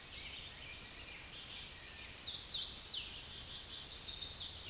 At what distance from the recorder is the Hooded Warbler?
about 50 m